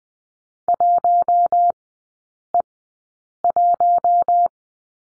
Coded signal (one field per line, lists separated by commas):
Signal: Morse code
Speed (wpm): 20 wpm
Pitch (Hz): 700 Hz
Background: none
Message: 1E1